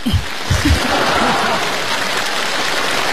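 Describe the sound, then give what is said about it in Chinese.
A crowd applauds in a dense, steady wash of clapping that holds at an even loudness throughout, with a few brief voiced sounds mixed in at the start. “掌声接，对。”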